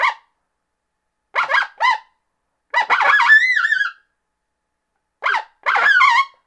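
Coyote giving short barking yips and a long wobbling howl, followed by another yip and a second wavering howl.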